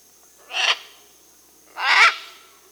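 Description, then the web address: Scarlet macaw calling with two grating, rasping screeches, roughly one and a half seconds apart, over a quiet background. Recorded in Peru. "S America Scarlet Macaw (Ara macao), Peru"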